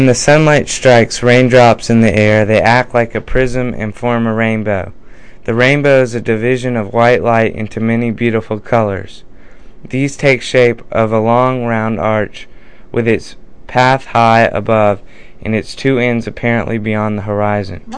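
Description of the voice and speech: An adult man reads a passage aloud in a steady, voiced, male-range speaking voice, with puberphonia following voice treatment.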